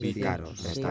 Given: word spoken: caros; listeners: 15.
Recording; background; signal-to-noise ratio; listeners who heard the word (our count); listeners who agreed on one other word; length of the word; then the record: one Spanish word in noise, from a listening test; four-talker babble; -1.9 dB; 0 of 15; 12 of 15; 0.51 s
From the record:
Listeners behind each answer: 12, 1, 1, 1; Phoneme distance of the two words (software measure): 14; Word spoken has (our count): 2 syllables, 5 phonemes, stress on syllable 1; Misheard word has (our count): 3 syllables, 7 phonemes, stress on syllable 2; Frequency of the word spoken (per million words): 5.68